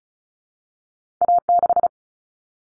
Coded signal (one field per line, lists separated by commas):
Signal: Morse code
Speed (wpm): 34 wpm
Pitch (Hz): 700 Hz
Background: none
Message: A6